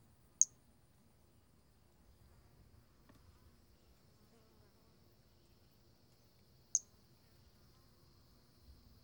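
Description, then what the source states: Brachycephalus albolineatus call: two brief, sharp, high-pitched notes about six seconds apart over a faint steady hiss and low background noise. Individual 03, example 02; specimen collected.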